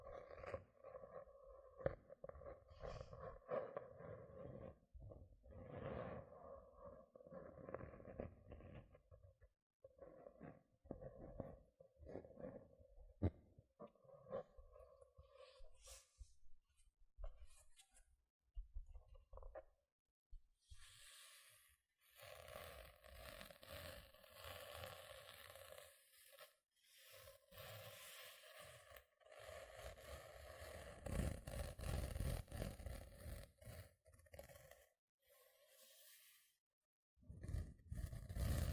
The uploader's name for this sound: Tingly Gentle Scratching Sounds